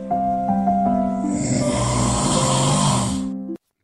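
A single loud snore lasting about three and a half seconds. It opens as a steady, very nasal buzzing tone, then grows into a harsh, rattling rasp before stopping abruptly. This is ordinary loud snoring from airway vibration during sleep.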